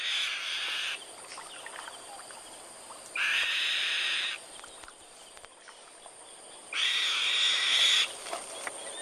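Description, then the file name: Black-winged kite giving harsh, rasping screeches, each about a second long, three calls spread over nine seconds with quiet gaps between. "Svartvingad glada"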